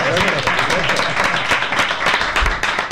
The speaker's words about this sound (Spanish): Bueno, otro aplauso para la gente que está en la plaza.